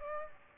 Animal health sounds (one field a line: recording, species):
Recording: mosquito wingbeat signal from an infrared sensor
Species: Aedes aegypti